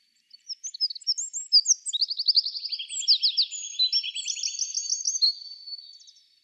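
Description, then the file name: Eurasian wren singing a continuous six-second outpouring of piercing notes, fast trills and a lower rattle, rising in loudness then fading. "Troglodytes troglodytes"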